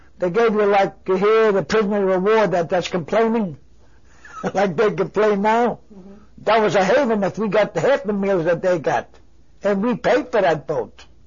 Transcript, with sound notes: They gave you, like you hear the prisoners of war that -- that's complaining (he laughs) like they complain now. That was a heaven if we got half the meals that they got, and we paid for that boat.